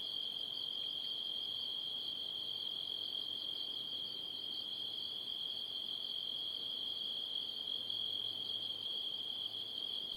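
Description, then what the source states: Cricket trilling, a steady high continuous trill with a pulsing quality, unbroken through the whole stretch. At night.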